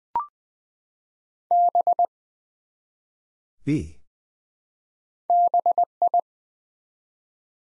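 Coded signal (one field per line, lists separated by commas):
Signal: Morse code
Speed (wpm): 20 wpm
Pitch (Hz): 700 Hz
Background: none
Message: B BI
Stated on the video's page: Morse practice at 20 WPM for beginners, sending 3-letter words one letter at a time to build instant character recognition.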